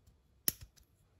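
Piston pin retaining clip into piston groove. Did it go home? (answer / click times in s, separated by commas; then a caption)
yes / 0.5 s. A retaining clip (circlip) for the piston pin (gudgeon pin) is pressed into the groove of an engine piston. A sharp click at 0.5 s is followed by a softer low thump and a faint tick near 0.8 s. The clip is correctly seated in the groove and does not move when checked with a screwdriver.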